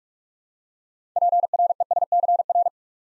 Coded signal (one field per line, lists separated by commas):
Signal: Morse code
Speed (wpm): 44 wpm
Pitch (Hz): 700 Hz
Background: none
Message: PRESCR